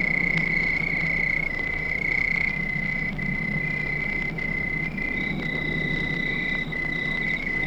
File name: Crickets At Night With Dog Barking In the Distance